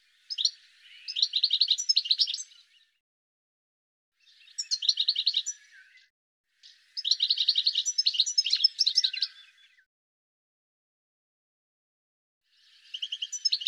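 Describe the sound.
Bird giving bursts of quick high twittering notes in phrases lasting one to three seconds, separated by quiet gaps, with a faint lower rasp under some phrases.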